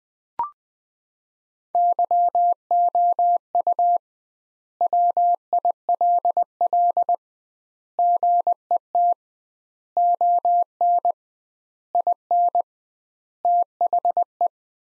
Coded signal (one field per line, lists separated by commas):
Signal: Morse code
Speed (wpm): 21 wpm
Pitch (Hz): 700 Hz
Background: none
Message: YOU WILL GET ON IN THE